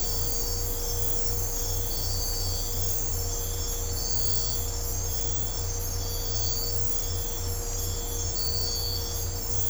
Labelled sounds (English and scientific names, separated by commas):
none